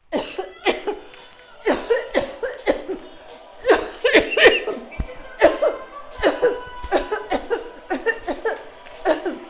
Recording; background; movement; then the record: voluntary coughing; music; walking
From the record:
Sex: female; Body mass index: 21.8 kg/m2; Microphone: on the chest, facing outward